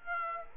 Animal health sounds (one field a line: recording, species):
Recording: mosquito wingbeat signal from an infrared sensor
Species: Aedes aegypti